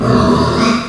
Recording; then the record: squeal of a Yucatan mini pig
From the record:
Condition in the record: after surgery on the right vocal fold (resection and tissue-engineered implant); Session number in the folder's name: 12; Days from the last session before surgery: 105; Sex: female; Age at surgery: 19 weeks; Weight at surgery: 25 kg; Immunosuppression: prednisolone